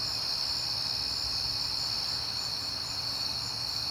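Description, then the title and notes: Shrill, unbroken cricket trilling fills the whole stretch over a faint low rumble. Crickets at night in September, on a peaceful night. "Night Time: Crickets and Passing Cars. It is September and I have been hearing the crickets a lot, but finally had a peaceful night to make the recording"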